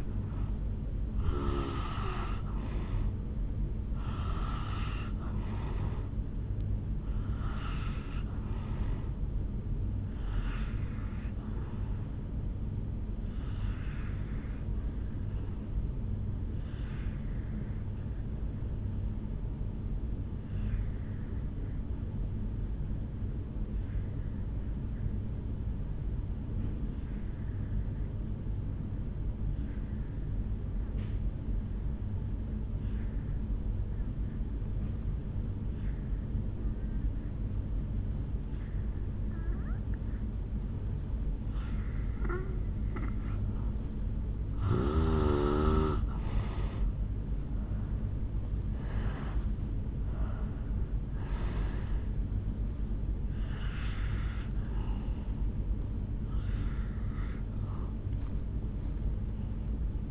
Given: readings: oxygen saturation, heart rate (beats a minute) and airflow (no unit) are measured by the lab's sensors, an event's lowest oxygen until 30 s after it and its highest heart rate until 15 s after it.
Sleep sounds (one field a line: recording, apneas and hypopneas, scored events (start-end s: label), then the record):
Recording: breathing in sleep by a smartphone at the bedside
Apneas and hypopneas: 1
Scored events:
21.00-40.50 s: obstructive apnea (N2, oxygen 95% highest, then 82% lowest, heart rate 55 at the start, 72 highest)
From the record:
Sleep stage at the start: N2 (light sleep)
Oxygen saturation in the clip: 83 to 95%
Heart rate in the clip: 54 to 72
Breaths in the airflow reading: 12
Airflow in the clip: -11.2 to 6.1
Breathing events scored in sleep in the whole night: 449 in 7.0 hours asleep